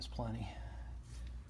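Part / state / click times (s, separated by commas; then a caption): torque wrench on a spark plug in a cylinder head / not seated / none. Someone talks briefly while tightening a spark plug into the aluminium cylinder head of a Porsche 911 997.2 with a cheap click-type torque wrench from Harbor Freight, stopping because it feels tight enough. The wrench has not clicked at the set torque.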